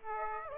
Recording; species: mosquito wingbeat signal from an infrared sensor; Aedes aegypti